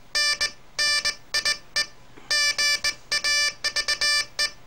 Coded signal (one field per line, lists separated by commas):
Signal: Morse code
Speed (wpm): 20 wpm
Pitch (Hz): 1750 Hz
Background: none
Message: NNIE GAVE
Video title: Morse Code 008 (for enthusiasts)